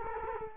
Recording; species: mosquito wingbeat signal from an infrared sensor; Culex quinquefasciatus